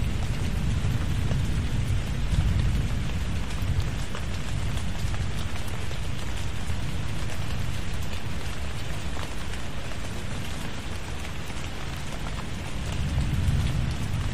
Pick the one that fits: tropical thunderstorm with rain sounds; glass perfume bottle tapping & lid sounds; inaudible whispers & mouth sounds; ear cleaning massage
tropical thunderstorm with rain sounds